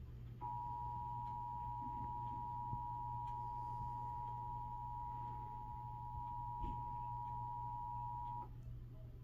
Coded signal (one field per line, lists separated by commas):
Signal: Emergency Alert System (SAME) tones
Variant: 853 and 960 Hz attention tone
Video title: eas rwt Eas#143